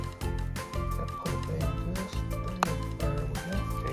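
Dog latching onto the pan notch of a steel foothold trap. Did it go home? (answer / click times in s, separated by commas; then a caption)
yes / 2.6 s. Over steady background music, the dog of a steel foothold trap is pressed over the pan notch and catches with one sharp snap at 2.6 s. The trap is set and ready at about 3 to 3.5 lb of pan pressure.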